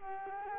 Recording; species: mosquito wingbeat signal from an infrared sensor; Culex quinquefasciatus